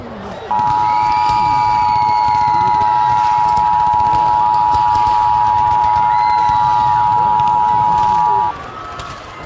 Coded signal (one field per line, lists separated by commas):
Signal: Emergency Alert System (SAME) tones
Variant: 853 and 960 Hz attention tone